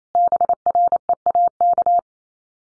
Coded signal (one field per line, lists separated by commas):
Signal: Morse code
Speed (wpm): 28 wpm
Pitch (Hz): 700 Hz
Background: none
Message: BREAK